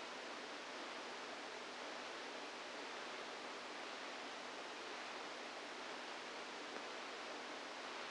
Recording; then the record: brain microelectrode recording played as sound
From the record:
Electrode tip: outside the subthalamic nucleus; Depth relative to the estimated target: 2 mm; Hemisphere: right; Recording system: NeuroSet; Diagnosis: Parkinson's disease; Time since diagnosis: 7 years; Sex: female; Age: 68 years